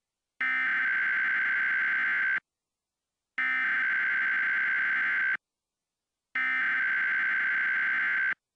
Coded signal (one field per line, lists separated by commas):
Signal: Emergency Alert System (SAME) tones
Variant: header bursts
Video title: Fake EAS I pranked my mom with using bluetooth speakers.